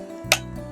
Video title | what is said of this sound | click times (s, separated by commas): New Spring Airgun Preparation | So again, I'm going to do this side here until it clicks. | 0.3 s